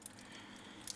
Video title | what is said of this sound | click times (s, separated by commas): Video Review of the Transformers Dark of the Moon Human Alliance: Soundwave | and there you have that locked into place. | 0.1 s, 0.9 s